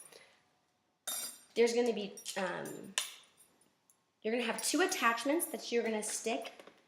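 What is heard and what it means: Someone talks about the two metal beater attachments for a handheld electric mixer while handling them, with a few faint light clinks between the speech. Nothing has seated or clicked into the mixer yet.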